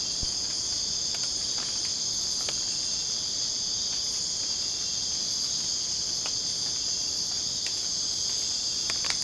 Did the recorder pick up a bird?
no